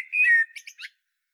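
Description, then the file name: Common blackbird giving a very short fluted whistle followed by a few quick, high scratchy notes. "Turdus merula"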